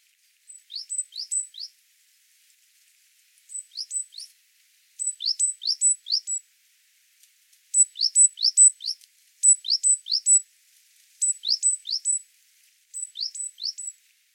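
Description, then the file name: Great tit calls: short groups of two to four high, thin notes, each sweeping sharply downward, with brief pauses between the groups. "Parus major"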